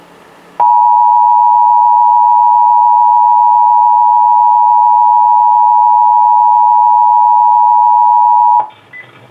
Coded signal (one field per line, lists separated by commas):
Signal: Emergency Alert System (SAME) tones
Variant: 853 and 960 Hz attention tone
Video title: Child Abduction Emergency - 04/10/22 (EAS #2,468)